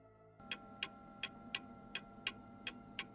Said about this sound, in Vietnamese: Chiếc kim của chiếc đồng hồ cũ dường như mỗi lúc một vang hơn.